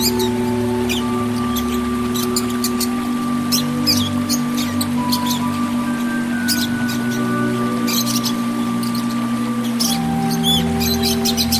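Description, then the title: Oriental magpie-robin song of scattered piercing chirps and clicky high notes in short bursts, accompanied throughout by a steady low drone and faint sustained tones. "Kicau Kacer"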